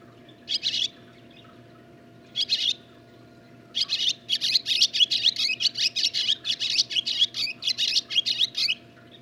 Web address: songs Barn Swallow